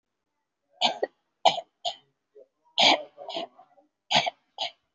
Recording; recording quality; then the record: shallow voluntary cough; excellent, no background noise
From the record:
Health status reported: COVID-19 positive, no symptoms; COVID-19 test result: positive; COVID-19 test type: RT-PCR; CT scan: taken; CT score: 3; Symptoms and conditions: pneumonia, another respiratory illness, hypertension, diabetes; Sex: female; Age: 68 years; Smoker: no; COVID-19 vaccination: none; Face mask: worn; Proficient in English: yes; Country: India